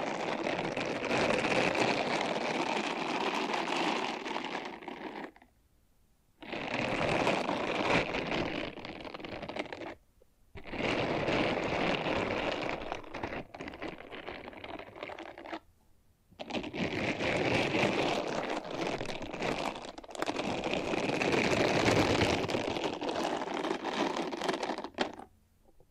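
Ear scratching and brushing in dense, rustling bursts of several seconds each, separated by brief silences near 6, 10 and 16 seconds.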